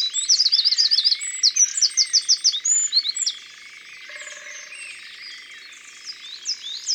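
Eurasian wren singing an energetic burst of fast, high, ringing trills and notes for about three seconds, then softer twittering.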